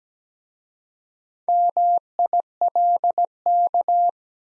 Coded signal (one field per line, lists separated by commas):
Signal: Morse code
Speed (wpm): 17 wpm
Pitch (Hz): 700 Hz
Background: none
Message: MILK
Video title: Easy Words with Hints - 17wpm